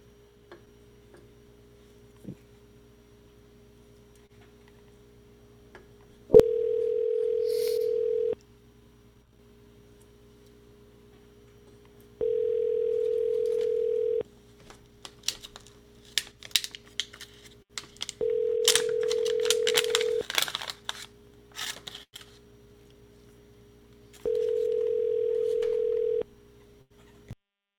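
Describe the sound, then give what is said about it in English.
A phone line hums with a steady tone while a prank phone call is dialed: four evenly spaced, sustained tone bursts sound in turn, separated by scattered clicks and crackling bursts. No one speaks. “Let's make a prank phone.”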